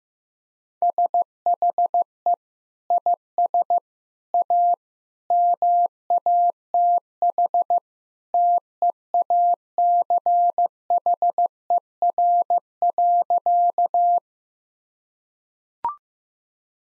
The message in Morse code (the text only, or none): SHE IS A MATH TEACHER.